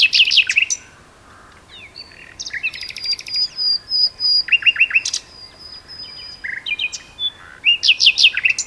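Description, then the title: Common nightingale song: quick chirp bursts, a long high whistle, buzzy rattles and rhythmic runs of three or four loud notes. Two birds singing in a duet on Westleton Heath. "sanderson-sanderson-hc nightingale-duet-on-westleton-heath"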